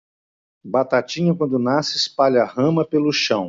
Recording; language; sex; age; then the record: short text; Brazilian Portuguese; male; 60 to 69 years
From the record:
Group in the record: control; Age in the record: 63 years